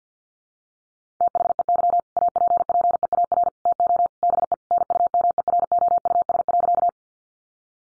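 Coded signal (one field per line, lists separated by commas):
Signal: Morse code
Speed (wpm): 50 wpm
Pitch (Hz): 700 Hz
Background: none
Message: THEY APPEAR TO BE NUMEROUS.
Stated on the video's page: Morse code head-copy practice of sentences from the top 1400 words at 50 wpm, sent before and after speech.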